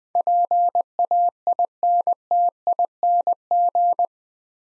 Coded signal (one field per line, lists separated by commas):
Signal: Morse code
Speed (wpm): 20 wpm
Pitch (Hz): 700 Hz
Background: none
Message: PAINTING